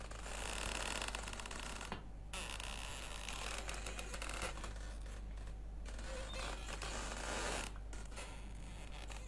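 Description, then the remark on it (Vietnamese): A hammock creaks and rasps in a bedroom as if someone is lying in it and swinging, a continuous grating strain that eases briefly twice before resuming, over a low steady hum, with no voices. “ở trong buồng vang lên có tiếng kẽo ca kẽo kẹt, giống như ai đang nằm đưa võng vậy.”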